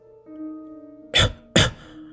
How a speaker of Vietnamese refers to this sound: Diệp Thiên vừa ho ra máu, vừa cười mếu một tiếng.